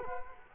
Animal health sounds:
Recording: mosquito wingbeat signal from an infrared sensor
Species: Culex quinquefasciatus

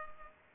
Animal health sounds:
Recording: mosquito wingbeat signal from an infrared sensor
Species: Culex pipiens

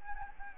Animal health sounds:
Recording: mosquito wingbeat signal from an infrared sensor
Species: Anopheles gambiae

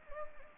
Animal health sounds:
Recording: mosquito wingbeat signal from an infrared sensor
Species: Anopheles gambiae

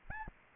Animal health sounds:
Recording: mosquito wingbeat signal from an infrared sensor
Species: Anopheles arabiensis

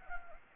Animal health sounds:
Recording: mosquito wingbeat signal from an infrared sensor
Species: Anopheles gambiae

